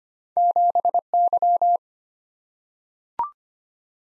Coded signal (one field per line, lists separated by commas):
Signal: Morse code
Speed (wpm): 25 wpm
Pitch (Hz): 700 Hz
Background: none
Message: 7Y